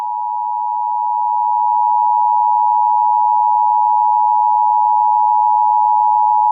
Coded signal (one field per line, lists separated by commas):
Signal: Emergency Alert System (SAME) tones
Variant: 853 and 960 Hz attention tone